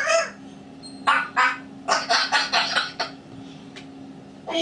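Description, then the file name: Grey parrot uttering a run of short, hoarse, honking syllables in quick succession, then a pause and a final burst, with a low steady hum behind. Grey parrot named Grig, talking. "a vot eto razgovarivaet odna pernataya skotina po imeni grig"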